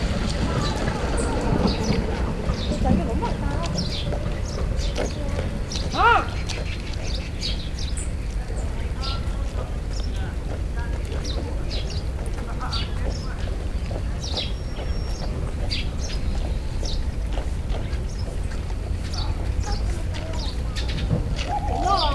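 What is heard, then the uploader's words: Voices talk over a dense, steady factory din, with a low rumble underneath throughout. Scattered clicks, taps and clatters come every second or so, like a cart rolling, with a louder knock near six seconds and a brief whine around fifteen. Factory. Conversation. Cart.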